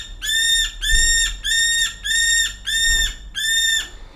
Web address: Nieuwzeelandse valk SND-Falco novaeseelandiae